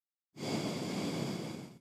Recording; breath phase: one breath near a microphone; exhalation